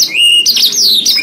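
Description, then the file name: Canary giving a brief high whistle that holds steady then breaks into quick rising and falling slurred notes. Canary song of the isian type. "suara kenari isian v 2 omkicau"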